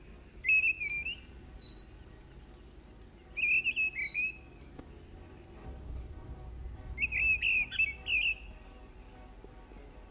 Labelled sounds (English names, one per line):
Mistle Thrush song